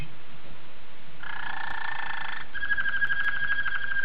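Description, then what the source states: Waterslager canary song: a steady, layered tone held for over a second, then a fine rolling trill with a clear whistled note beneath it. Waterslager breed of canary.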